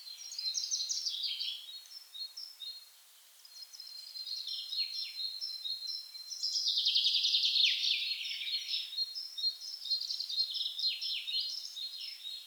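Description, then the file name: Common chaffinch song, several overlapping descending trilled phrases with thin high notes between them. "Fringilla coelebs"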